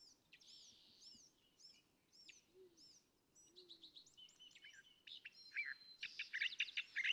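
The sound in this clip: California thrasher singing varied phrases: soft repeated slurred notes at first, then a growing, louder jumble of rapid chips and whistles over a low steady background hiss.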